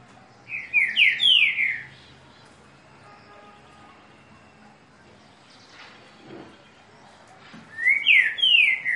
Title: Canto De Trinca Ferro. TRINCA FERRO CANTANDO